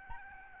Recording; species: mosquito wingbeat signal from an infrared sensor; Aedes albopictus